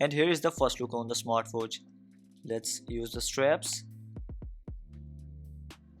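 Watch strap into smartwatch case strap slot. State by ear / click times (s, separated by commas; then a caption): seated / 5.7 s. A strap is slid into the strap slot of a Hello Plum 26 H26 Pro+ smartwatch case until its lock engages, seating with a sharp click at 5.7 s, confirming the strap lock works. Before that, someone talks over quiet background music, and a few soft taps come around 4.2–4.7 s.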